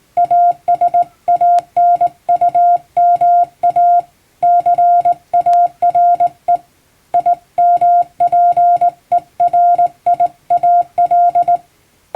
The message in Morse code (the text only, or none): ASANUMA CARE IMPERIAL